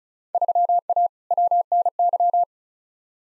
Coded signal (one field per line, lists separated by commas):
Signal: Morse code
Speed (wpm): 36 wpm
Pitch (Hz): 700 Hz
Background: none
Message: 3A WNY